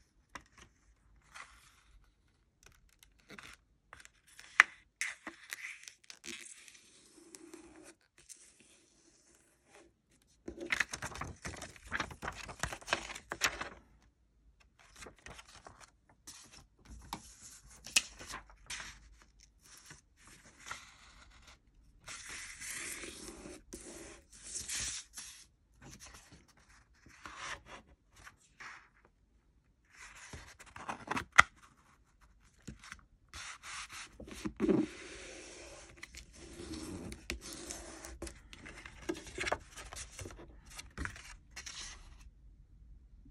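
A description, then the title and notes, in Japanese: Paper being folded in half, over and over, with dry rubbing and crinkling sounds that come in bursts. Denser stretches of handling around 10–14, 22–27 and 34–42 seconds alternate with quieter gaps, and a few sharper creases or taps stand out. 紙を二つ折りする作業です。二つ折りする指には、自作の 小道具 を使っています。大判のカッティングマットをデスクに敷いています。シンワの直尺 60cmがマットに固定してあります。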